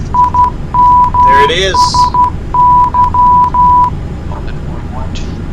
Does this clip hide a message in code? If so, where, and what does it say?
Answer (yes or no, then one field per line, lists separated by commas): yes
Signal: Morse code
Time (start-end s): 0.2-3.9 s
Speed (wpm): 12 wpm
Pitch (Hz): 990 Hz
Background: speech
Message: IMSY